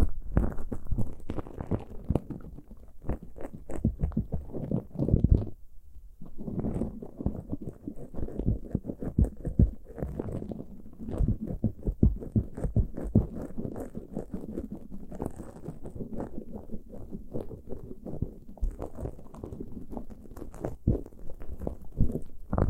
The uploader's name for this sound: pure ear picking, heartbeat simulation